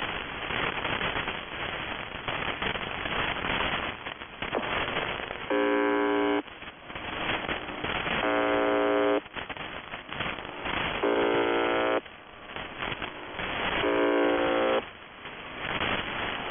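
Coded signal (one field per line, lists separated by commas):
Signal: channel marker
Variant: UVB-76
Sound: four harsh low buzzes about a second each, separated by crackling radio static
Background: radio static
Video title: [UVB-76, The Buzzer] 1 Day, 5 Breakdowns; 10. June 2020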